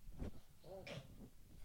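A short, low, thudding burst is followed by a honking, throaty sound from a dog, heard faintly in the background. It is a chesty cough, a deep, wet-sounding cough coming from the chest.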